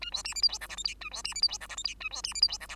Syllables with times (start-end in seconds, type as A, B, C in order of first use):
0.01-0.11 A, 0.12-0.23 B, 0.24-0.34 C, 0.35-0.42 D, 0.42-0.48 E, 0.48-0.58 F, 0.60-0.68 G, 0.69-0.76 H, 0.77-0.84 I, 0.84-0.94 J, 1.01-1.09 A, 1.11-1.23 B, 1.24-1.34 C, 1.35-1.42 D, 1.42-1.48 E, 1.48-1.58 F, 1.60-1.67 G, 1.69-1.76 H, 1.77-1.83 I, 1.84-1.94 J, 2.00-2.09 A, 2.11-2.22 B, 2.23-2.33 C, 2.34-2.41 D, 2.42-2.48 E, 2.48-2.58 F, 2.60-2.67 G, 2.69-2.76 H